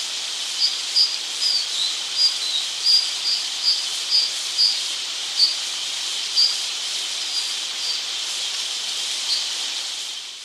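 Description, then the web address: White-capped dipper calls: a run of short piercing high notes, thinning toward the end, against steady loud rushing-water noise. Recorded in Ecuador. "Birds of Ecuador. White-capped Dipper"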